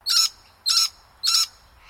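Scaly-breasted lorikeet calls: three harsh, shrill screeches, short and evenly spaced.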